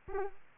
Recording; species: mosquito wingbeat signal from an infrared sensor; Aedes aegypti